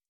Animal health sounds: hydrophone in a shrimp aquaculture tank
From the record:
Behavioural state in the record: stressed

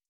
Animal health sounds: hydrophone in a shrimp aquaculture tank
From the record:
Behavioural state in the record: stressed

